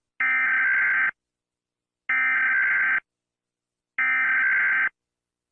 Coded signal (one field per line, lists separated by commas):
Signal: Emergency Alert System (SAME) tones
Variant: header bursts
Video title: EAS Scenario │ Paranoia